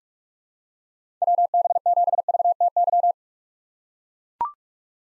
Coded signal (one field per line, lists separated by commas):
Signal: Morse code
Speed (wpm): 42 wpm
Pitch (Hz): 700 Hz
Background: none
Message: WB7VTY